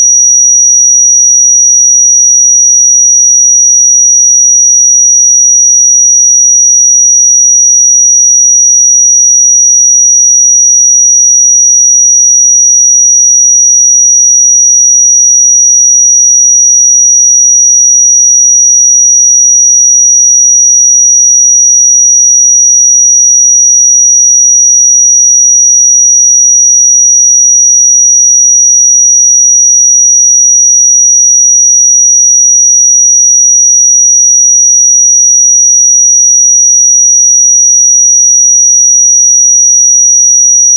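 A pure sine tone at 5786 Hz holds perfectly steady for the full forty seconds, a single thin, high, piercing whistle. The loudness never wavers, with no breaks, wobble or other sounds underneath, just one unbroken bright note.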